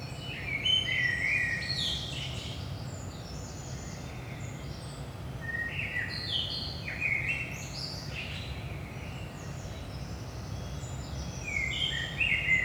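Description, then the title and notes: Common blackbird song with phrases following closely: warbled low whistles mixed with thin high twittering notes, and a low continuous hum underneath. Saint-Gilles, Belgium; early morning, 5 am; recorded with a DPA 4060 microphone pair in AB position into a Zoom F3. "Saint-Gilles, Belgique - 5am Blackbird. Blackbird in the morning. Merle au petit matin"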